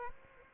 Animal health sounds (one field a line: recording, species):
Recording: mosquito wingbeat signal from an infrared sensor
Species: Aedes aegypti